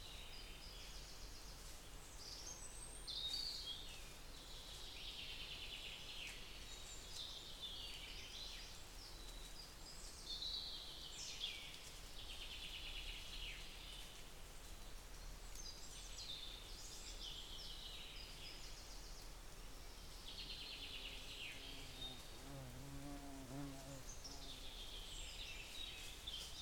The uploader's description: A recording from a beech forest, where we can hear birds, mice walking on dry leaves